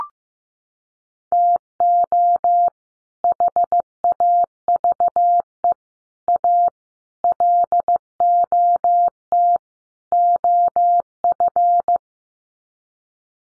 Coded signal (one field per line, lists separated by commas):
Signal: Morse code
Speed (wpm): 15 wpm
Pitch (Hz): 700 Hz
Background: none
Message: TO HAVE A LOT OF